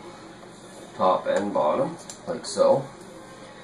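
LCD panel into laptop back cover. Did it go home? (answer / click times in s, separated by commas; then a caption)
no / none. An LCD panel is handled against the back cover of a Lenovo G780 laptop, being pressed into place at the top and bottom while someone talks. Nothing has seated or clicked yet.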